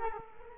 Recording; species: mosquito wingbeat signal from an infrared sensor; Culex quinquefasciatus